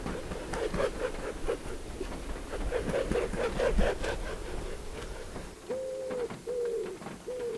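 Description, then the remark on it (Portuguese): A pigeon at a window coos repeatedly in low, throaty bursts, first in a busy rolling series, then as three separate drawn-out coos near the end, with soft fluttery noise in the background. “Não, não na minha janela. Manda esse pombo embora agora.”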